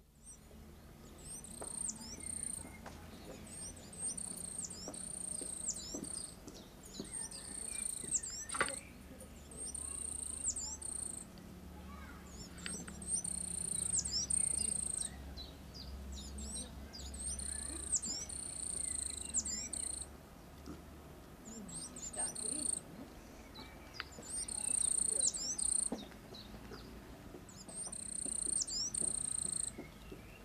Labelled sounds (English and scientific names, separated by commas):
Coal Tit (Periparus ater) song